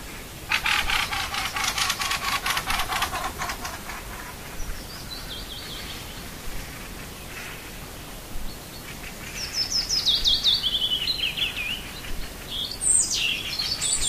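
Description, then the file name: Bird: a loud rasping, rattling burst over several seconds, then scattered high, bright bird whistles and short twittering phrases against background hiss. "Nature Sounds - Little Birds"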